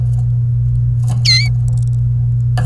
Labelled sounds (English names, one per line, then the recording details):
Domestic Canary song
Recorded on 28 April 2018 at 09:42
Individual llb3